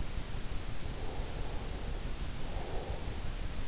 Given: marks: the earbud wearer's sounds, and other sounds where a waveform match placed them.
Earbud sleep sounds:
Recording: sounds in sleep by an in-ear microphone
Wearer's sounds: breath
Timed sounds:
0.13-3.56 s: breath

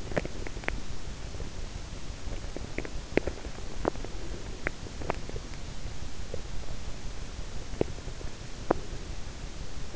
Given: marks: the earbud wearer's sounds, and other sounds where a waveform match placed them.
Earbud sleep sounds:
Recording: sounds in sleep by an in-ear microphone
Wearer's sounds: teeth grinding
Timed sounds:
0.00-0.93 s: teeth grinding
2.50-3.41 s: teeth grinding
3.84-5.32 s: teeth grinding
6.17-6.53 s: teeth grinding
7.80-8.86 s: teeth grinding

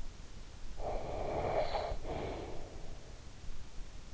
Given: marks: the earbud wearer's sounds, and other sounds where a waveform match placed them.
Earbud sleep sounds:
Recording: sounds in sleep by an in-ear microphone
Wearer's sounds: breath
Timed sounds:
0.57-3.21 s: breath

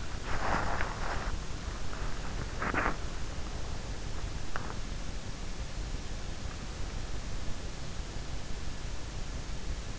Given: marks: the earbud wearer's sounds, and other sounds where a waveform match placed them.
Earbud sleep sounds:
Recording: sounds in sleep by an in-ear microphone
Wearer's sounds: body movement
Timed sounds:
0.00-5.35 s: body movement

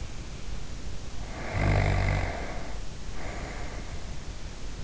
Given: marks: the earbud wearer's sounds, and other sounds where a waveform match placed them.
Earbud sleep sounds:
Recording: sounds in sleep by an in-ear microphone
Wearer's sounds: snoring breath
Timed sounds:
0.98-4.30 s: snoring breath

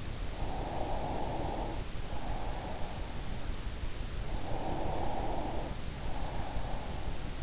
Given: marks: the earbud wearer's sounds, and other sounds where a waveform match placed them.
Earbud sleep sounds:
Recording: sounds in sleep by an in-ear microphone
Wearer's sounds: breath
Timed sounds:
0.09-3.54 s: breath
4.20-7.43 s: breath

